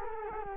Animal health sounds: mosquito wingbeat signal from an infrared sensor; Culex quinquefasciatus

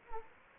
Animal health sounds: mosquito wingbeat signal from an infrared sensor; Anopheles gambiae

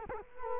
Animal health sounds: mosquito wingbeat signal from an infrared sensor; Culex quinquefasciatus

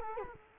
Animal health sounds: mosquito wingbeat signal from an infrared sensor; Culex quinquefasciatus

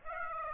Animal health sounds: mosquito wingbeat signal from an infrared sensor; Aedes aegypti

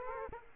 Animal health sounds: mosquito wingbeat signal from an infrared sensor; Aedes aegypti

